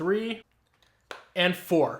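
The third corner of a Phone Rebel Gen 6 Frosted plastic case snaps onto an iPhone 16 Pro Max with a sharp click at 1.1 s, and the corner seats. Someone talks before and after the click.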